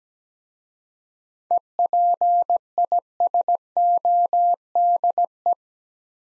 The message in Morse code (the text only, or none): EPISODE